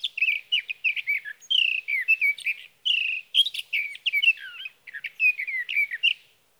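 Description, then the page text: Sage thrasher song, a long unbroken warble of rapid whistled and buzzy notes, rising and falling, phrases running together with barely a pause. Male singing through the night near his night roost, evening of June 12 to morning of June 15, 2018, Sierra Valley, California; Swift recorder. "61. Sage thrasher songs, through the night."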